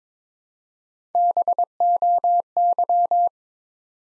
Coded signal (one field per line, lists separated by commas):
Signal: Morse code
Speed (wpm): 22 wpm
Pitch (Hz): 700 Hz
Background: none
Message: BOY